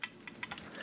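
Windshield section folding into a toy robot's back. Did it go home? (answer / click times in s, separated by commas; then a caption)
no / none. A plastic back piece with a windshield on a Transformers MP-28 Hot Rodimus toy robot is handled and folded up toward a hole its peg should click into. Short, light plastic ticks and taps come at about 0.0, 0.3, 0.4, 0.5 and 0.6 seconds over a faint background. Nothing has seated or clicked into place yet.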